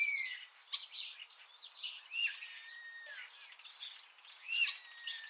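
Eurasian starling song, chattering and clicking with several long, thin whistles that slide downward.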